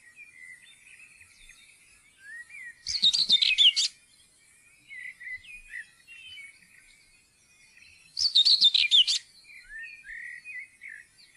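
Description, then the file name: Common whitethroat singing two brief, jumbled, chattering phrases about five seconds apart, with faint thin whistles in the gaps. "tornsanger"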